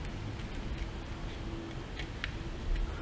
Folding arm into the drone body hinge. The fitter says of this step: make sure they kind of get locked into place all